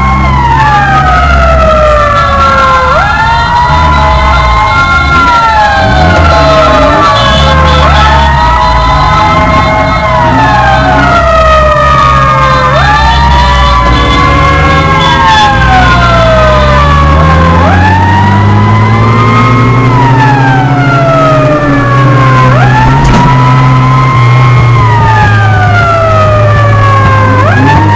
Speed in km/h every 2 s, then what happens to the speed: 37, 29, 20, 16, 21, 20, 23, 18, 19, 23, 34, 43, 42, 37.
0-5 brakes to 16. 5-16 steady at about 19. 16-22 speeds up to 43. 22-28 slows to 37.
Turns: none.